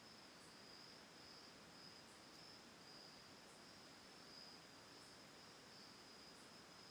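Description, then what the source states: Crickets in a steady, high, continuous trill, with several faint soft ticks above it. Autumn night, Oct. 10th 2020, lakeside home in Ithaca, New York, by Cayuga Lake.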